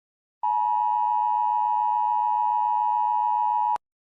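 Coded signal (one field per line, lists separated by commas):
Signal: Emergency Alert System (SAME) tones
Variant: 853 and 960 Hz attention tone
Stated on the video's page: Fictional EAS scenario, simulated, with text-to-speech.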